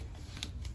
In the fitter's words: put it on like that, twist, and it's locked into place.